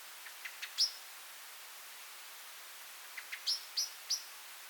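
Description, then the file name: Common blackbird calls: soft ticks build to one high thin note, then after a pause more ticks and three high notes repeated about every third of a second. "Turdus merula"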